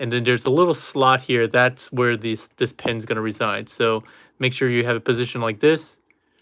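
Someone talks while handling a transforming toy jet, positioning a plastic part so its pin lines up with a small slot. Only speech is heard, with a couple of faint ticks at the very end. The clip stops just before the squeeze, so nothing has seated or clicked yet.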